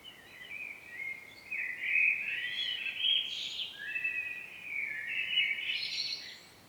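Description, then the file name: Common blackbird song running almost continuously, mellow fluting notes mixed with sharper, higher squeaks that rise and fall across the phrase. "Turdus merula"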